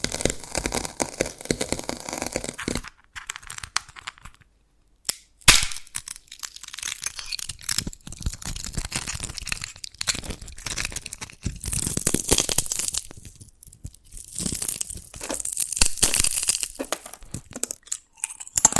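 Dalgona candy being tapped and cracked in dense bursts of sharp crisp snaps and crunches, with brief silent pauses near three and thirteen seconds.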